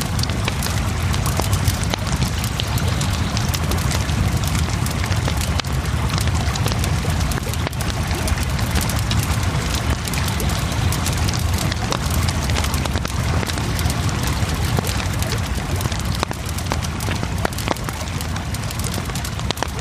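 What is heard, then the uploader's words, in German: A campfire crackles steadily with dense, rapid pops and snaps over a low rumble, probably the river, throughout the twenty seconds. Isarauen bei München. Aufnahme von der Isar mit einem gemütlichen Lagerfeuer.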